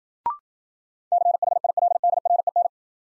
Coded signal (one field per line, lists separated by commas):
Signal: Morse code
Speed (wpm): 56 wpm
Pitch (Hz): 700 Hz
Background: none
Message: CHILDREN